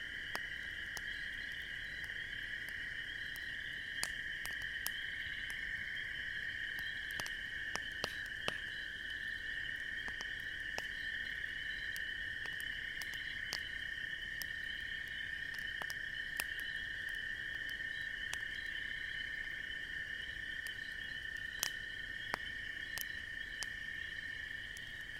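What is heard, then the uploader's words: A campfire crackles with sharp, irregular pops every second or so, over a steady, high, unbroken chorus of crickets in the background. An Autumn Campfire in the Midwest. Sitting near the crackling campfire on this crisp autumn evening.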